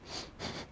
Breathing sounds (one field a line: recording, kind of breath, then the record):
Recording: one breath in and out by a microphone near the nose and mouth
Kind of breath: strong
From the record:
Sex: male